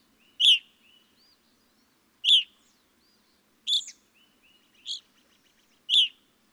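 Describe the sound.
Evening grosbeak with five strong, piercing call notes spaced about one to two seconds apart, and soft, faint notes between them.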